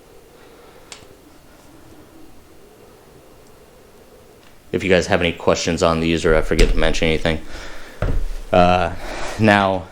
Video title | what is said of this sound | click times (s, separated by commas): New Tekton Torque Wrench Split Beam Very Nice Upgrade | and here's just kind of a close-up look before we go ahead and torque it so you guys can hear what the actual click sounds like | 0.9 s